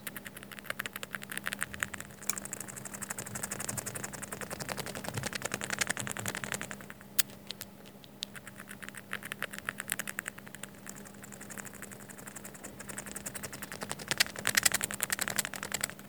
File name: Koszatniczka zgrzytanie